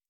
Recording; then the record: hydrophone in a shrimp aquaculture tank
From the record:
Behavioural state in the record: feeding